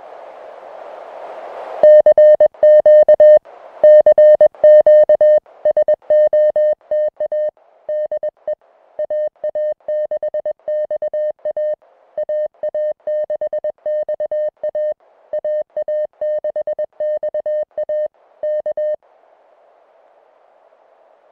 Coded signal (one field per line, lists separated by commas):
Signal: Morse code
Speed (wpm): 21 wpm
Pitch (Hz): 610 Hz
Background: music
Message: CQ CQ SOTA DE AA6XA AA6XA AA6XA K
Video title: Idaho QSO Audio